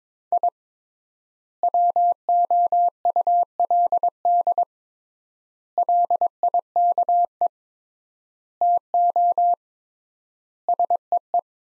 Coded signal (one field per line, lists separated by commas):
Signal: Morse code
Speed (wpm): 22 wpm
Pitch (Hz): 700 Hz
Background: none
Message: I WOULD LIKE TO SEE